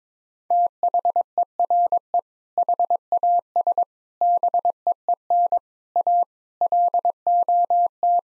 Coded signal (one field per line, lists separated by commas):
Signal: Morse code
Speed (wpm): 22 wpm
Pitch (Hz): 700 Hz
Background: none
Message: THERE HAS BEEN A LOT